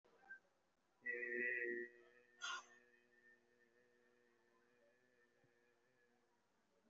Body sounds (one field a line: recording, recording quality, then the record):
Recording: sustained vowel as in made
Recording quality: moderate, slight background noise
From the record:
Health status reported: recovered from COVID-19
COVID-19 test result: positive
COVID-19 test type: RT-PCR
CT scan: taken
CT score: 5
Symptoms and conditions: cough, cold, breathing difficulty, chronic lung disease, pneumonia, ischaemic heart disease, another condition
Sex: male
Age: 57 years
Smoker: no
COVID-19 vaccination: both doses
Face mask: worn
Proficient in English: no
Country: India